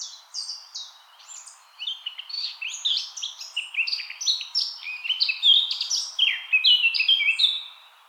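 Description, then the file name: Eurasian blackcap giving a continuous, hurried warble of mixed twittering notes that grows louder in its second half before easing off at the very end. "Sylvia atricapilla"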